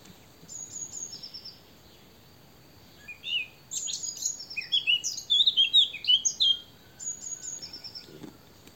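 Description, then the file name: Eurasian blackcap song: a bubbling, scratchy warble of quick rising and falling notes, with thin high whistled series at the start and end. "Sylvia atricapilla"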